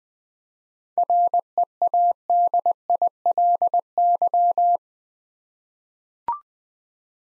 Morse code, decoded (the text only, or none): READILY